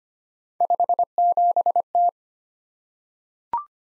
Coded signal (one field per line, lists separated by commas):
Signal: Morse code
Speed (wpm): 25 wpm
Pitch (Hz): 700 Hz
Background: none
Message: 57T